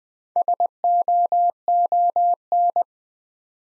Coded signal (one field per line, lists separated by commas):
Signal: Morse code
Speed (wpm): 20 wpm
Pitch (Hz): 700 Hz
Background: none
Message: SOON